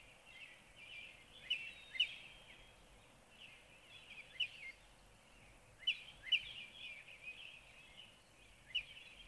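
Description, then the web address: Northern cardinal singing pairs of sharp whistled notes with sliding phrases in between, over constant background hiss. "birdsongforthecurious Northern Cardinal"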